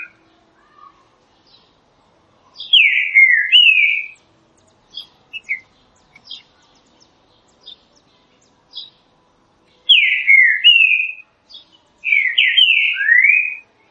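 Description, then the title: Green-winged saltator singing whistled phrases of slurred, falling and rising notes, with soft short high notes between phrases. Classic song style used for training. "Canto Clássico Trinca Ferro TREINAMENTO"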